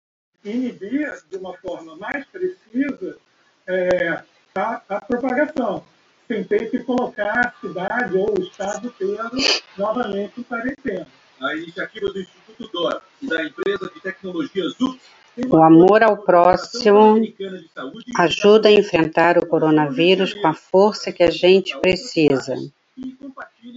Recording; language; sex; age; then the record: spoken sentence; Brazilian Portuguese; female; 60 to 69 years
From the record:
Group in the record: control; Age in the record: 64 years